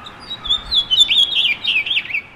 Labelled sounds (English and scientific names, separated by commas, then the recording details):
House Finch (Haemorhous mexicanus) song
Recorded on Long Island, New York, on 5 June 2011
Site MA
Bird A